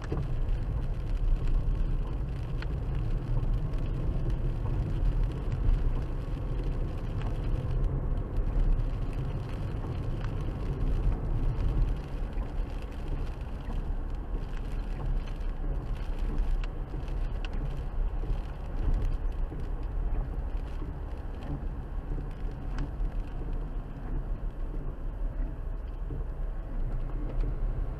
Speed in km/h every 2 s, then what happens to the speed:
55, 50, 58, 61, 63, 64, 69, 68, 66, 68, 64, 63, 56, 56.
3-12 speeds up to 69. 12-18 steady at about 68. 18-28 slows to 56.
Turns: none.